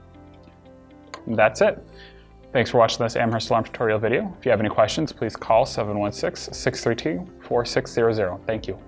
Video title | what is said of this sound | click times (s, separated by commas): DMP-1105-W Battery Change Video | sure you put the bottom on first and then slowly push the top into place you'll hear a click that's it | 1.1 s